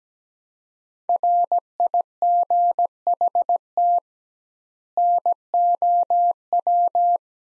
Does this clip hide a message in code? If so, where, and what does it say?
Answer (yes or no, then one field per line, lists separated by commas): yes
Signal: Morse code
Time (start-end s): 1.1-7.2 s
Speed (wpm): 17 wpm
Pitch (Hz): 700 Hz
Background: none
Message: RIGHT NOW